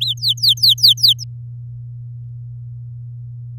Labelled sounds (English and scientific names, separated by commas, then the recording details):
Domestic Canary (Serinus canaria) song
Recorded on 9 May 2018 at 06:10
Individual llb16